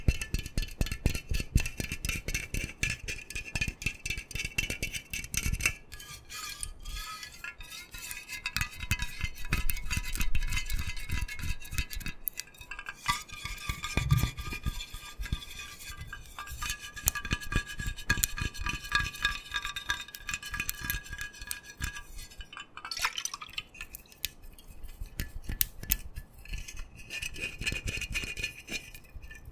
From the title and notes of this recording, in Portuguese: Sons Líquidos, Oleosos e Cremes + Aggressive Tapping [No Talking]. ASMR [No talking] com sons de água, óleos, garrafa de whisky e cremes densos e não densos.